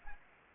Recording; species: mosquito wingbeat signal from an infrared sensor; Anopheles gambiae